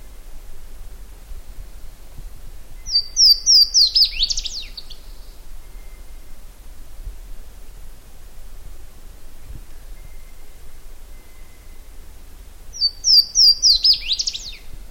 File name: Louisiana Waterthrush Parkesia motacilla